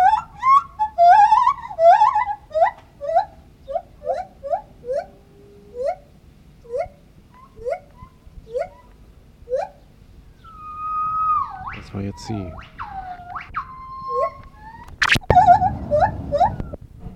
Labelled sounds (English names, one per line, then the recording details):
Lar Gibbon
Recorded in captivity
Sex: male
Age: adult
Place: Tierpark Berlin, Berlin, DE
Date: 1969-08-16
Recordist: Tembrock, Günter